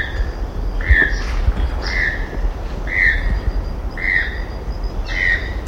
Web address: sound choco-toucan. صدای-پرنده-توکان-چوکو